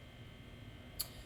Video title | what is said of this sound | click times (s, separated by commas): Group39 SD2 ShowcaseVid | And so that pops into place. | 1.0 s